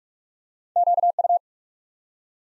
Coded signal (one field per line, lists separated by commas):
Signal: Morse code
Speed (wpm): 44 wpm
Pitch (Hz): 700 Hz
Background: none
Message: QU